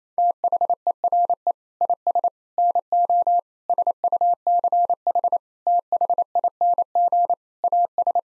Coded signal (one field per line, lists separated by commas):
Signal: Morse code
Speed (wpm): 27 wpm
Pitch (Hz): 700 Hz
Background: none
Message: THERE IS NO SUCH THING AS